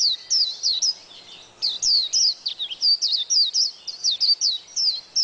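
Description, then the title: White-eye giving a stream of high, clear, sliding chirps, delivered quickly and steadily with one short pause near the start. "Pleci. Burung"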